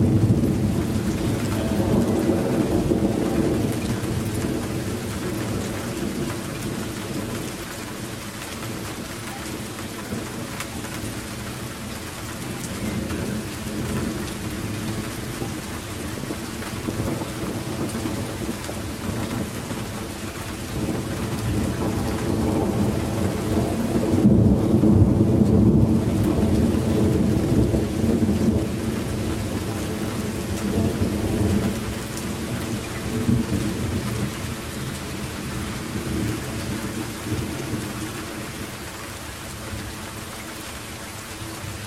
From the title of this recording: Endless Thundergrowl over Germany